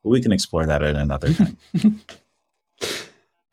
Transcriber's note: chuckles